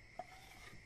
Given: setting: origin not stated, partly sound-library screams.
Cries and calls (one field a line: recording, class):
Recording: one-second piece from a danger detection set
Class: normal situation